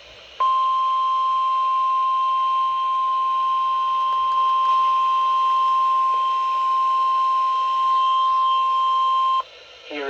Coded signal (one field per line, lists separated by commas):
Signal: Emergency Alert System (SAME) tones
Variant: 1050 Hz attention tone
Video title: Winter Storm Warning On WXJ75 2/11/2025 (EAS #2,691)